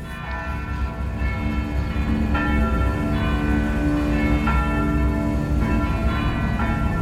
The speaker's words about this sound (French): Il est 16h30, ce 27 avril 1937, lorsque les cloches se mettent à sonner à toute volée.